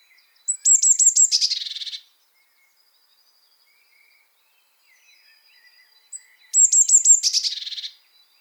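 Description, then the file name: Eurasian blue tit call: high thin descending notes running into a buzzy churring scold, given twice about six seconds apart; faint thin calls between. "Cyanistes caeruleus"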